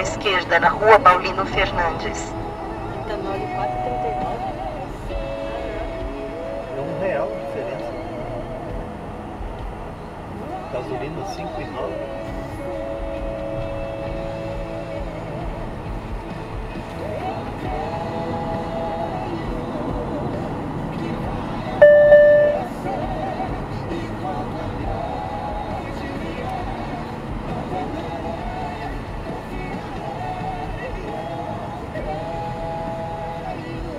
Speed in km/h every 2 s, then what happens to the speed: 74, 68, 64, 60, 59, 60, 65, 67, 68, 65, 61, 58, 55, 50, 47, 45, 48.
0-8 slows to 59. 8-17 speeds up to 68. 17-31 slows to 45.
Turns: none.